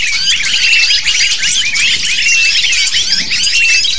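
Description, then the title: Lovebirds give rapid, shrill, twittering chirps in a dense unbroken chorus, bright and high-pitched throughout. Lure sound used to attract lovebirds. "PIKAT BURUNG LOVEBIRD"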